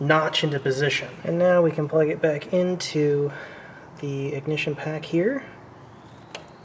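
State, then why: Seated. Someone talks while the other end of a spark plug wire on a Dodge Grand Caravan is pushed onto the ignition coil pack terminal. A short, sharp click is heard at 6.4 s as the wire end seats onto the coil pack.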